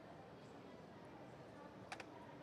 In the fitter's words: the hardware goes inside, and the frame snaps back in place.